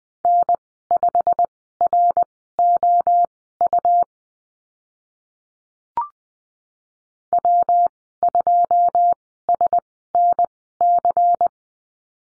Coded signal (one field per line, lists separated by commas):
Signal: Morse code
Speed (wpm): 20 wpm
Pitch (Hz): 700 Hz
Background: none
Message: N5ROU W2SNC